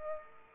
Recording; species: mosquito wingbeat signal from an infrared sensor; Aedes aegypti